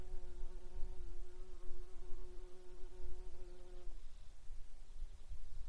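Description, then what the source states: Insect buzzing, a sustained humming drone with stacked harmonics lasting about four seconds, then cutting off into low rumbling background noise. Alaska, 15 June 2019, 07:57:33.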